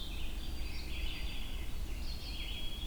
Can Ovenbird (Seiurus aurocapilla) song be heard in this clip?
no